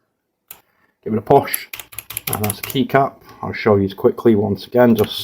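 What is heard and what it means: A plastic keycap is pushed onto the cross-shaped stem of a red key switch, and a single sharp tick at 0.5 s marks it seating on the stem. Someone then talks for the rest of the clip.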